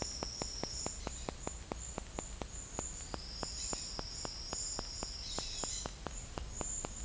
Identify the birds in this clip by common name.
none